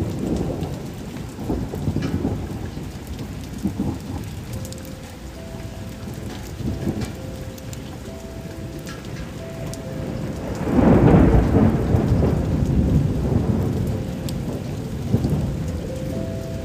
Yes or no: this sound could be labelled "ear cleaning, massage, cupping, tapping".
no